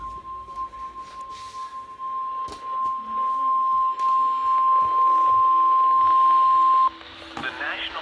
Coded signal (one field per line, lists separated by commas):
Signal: Emergency Alert System (SAME) tones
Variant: 1050 Hz attention tone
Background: speech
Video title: Severe Thunderstorm Warning - SVR - EAS #50